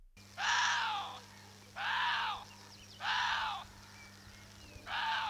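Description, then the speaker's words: Chinese water deer calls: four harsh, screaming barks, each under a second, the first three about every one and a quarter seconds and the last after a longer gap, over a steady low hum. "And on top of that, here is what a Chinese water deer sounds like."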